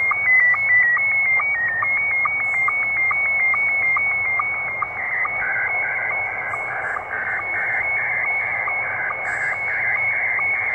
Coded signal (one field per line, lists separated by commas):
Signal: SSTV (slow-scan television)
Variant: Scottie 1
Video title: Christmas pirate radio shortwave